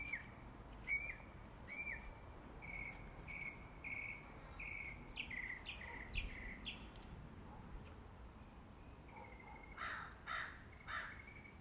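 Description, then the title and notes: Birds chirping: a steady run of short, evenly spaced high chirps, then a few harsher, louder calls near the end. Birds singing in the morning. "birds 🐦 singing. Good Morning"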